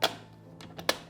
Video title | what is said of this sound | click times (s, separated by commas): Cuisinart FastFreeze Unboxing and First Use - Better than the Ninja Creami? - The Floral Apron | So, that's the click you want. And now it's locked into place. | 0.9 s